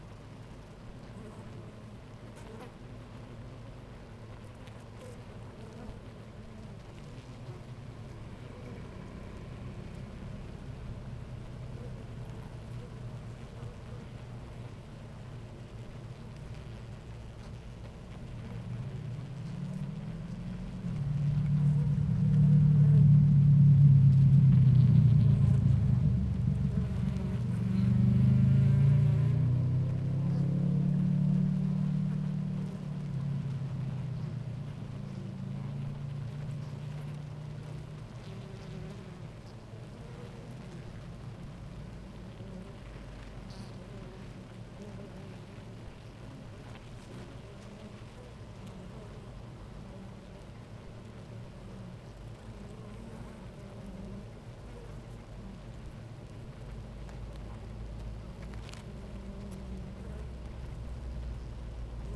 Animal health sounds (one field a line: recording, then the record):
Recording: honeybee colony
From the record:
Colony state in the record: active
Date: 28 July 2017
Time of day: 10:30